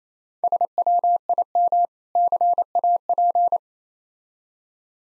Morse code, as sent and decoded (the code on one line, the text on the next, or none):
... .-- .. -- / -.-. .- .--.
SWIM CAP